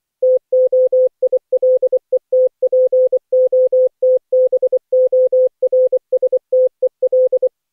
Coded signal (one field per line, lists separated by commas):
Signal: Morse code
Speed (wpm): 19 wpm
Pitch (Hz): 510 Hz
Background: none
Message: TOILETPOTBORSTEL